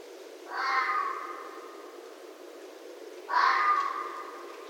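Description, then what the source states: Red fox giving two rasping, drawn-out calls about three seconds apart over a continuous low hiss. Recorded on 7 December 2011.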